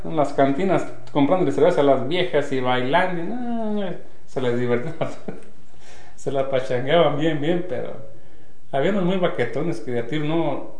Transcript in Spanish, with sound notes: En las cantinas comprándole cerveza a las viejas y bailando, y, no... Se les diverti… (risas) Se la pachangueaban bien bien, pero había unos muy vaquetones, que de a tiro no,